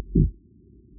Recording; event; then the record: neck accelerometer signal played as sound; no cough (speech, laughter, throat clearing or background)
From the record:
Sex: male